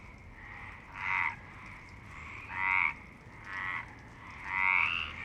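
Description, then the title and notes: Frogs give four loud rasping croaks over a quieter background chorus. Frogs in Parc Longchamp, Marseille, Provence-Alpes-Côte d'Azur, France, 26 March 2011, 19:35; recorded with a MixPre-6 and Basic Ucho. "Marseille, Provence-Alpes-Côte d'Azur, France - 26_03_11_19_35 Longchamps_004 grenouilles. Grenouilles au parc de Longchamp"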